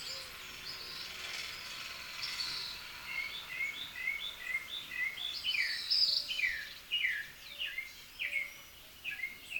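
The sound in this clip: Northern mockingbird song: a long, lively sequence of slurred notes repeated in quick succession over light background noise.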